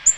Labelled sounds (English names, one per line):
Black-throated Green Warbler flight call